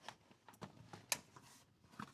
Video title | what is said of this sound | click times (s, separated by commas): How to Assemble the Main Clinic Supply Pet Oxygen Cage | And that's our second one locked into place. | 1.1 s